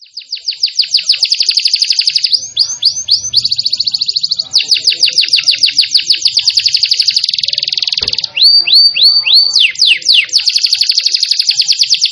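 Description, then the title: Canary song pouring out nonstop: fast high trills alternating with looping slurred phrases. "Kenari Gacor"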